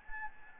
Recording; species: mosquito wingbeat signal from an infrared sensor; Anopheles gambiae